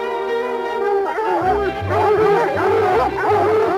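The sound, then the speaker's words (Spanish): Several dogs bark and yip excitedly over one another as they chase right on Graucho's heels, in a continuous, overlapping chorus, loud and agitated, with high yelps layered above deeper barks; from the 1960 Disneyland program The Hound That Thought He Was A Raccoon. “Esta vez con los perros pisándole los talones, tendría que valerse de su mejor truco.”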